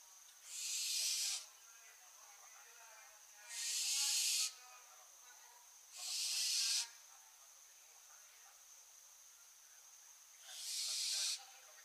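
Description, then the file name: Barn owl making rasping, breathy screeches of about one second, four spaced throughout with gaps of up to four seconds between them. "Schleiereule - Tyto alba"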